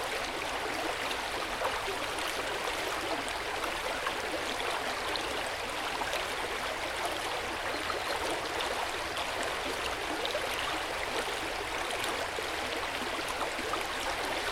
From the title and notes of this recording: The water is flowing gently downstream. The gentle, melodious sounds of a flowing river, babbling brook and trickling water.